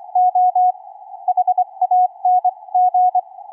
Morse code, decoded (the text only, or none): OHANG